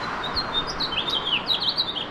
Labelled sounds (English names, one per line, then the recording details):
House Finch song
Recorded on Long Island, New York, on 2 June 2012
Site CP
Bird E